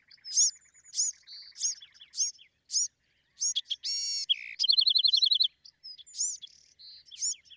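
Bewick's wren song, a busy mix of sharp high notes over a low rattling trill, a harsh buzz, then a fast bright trill.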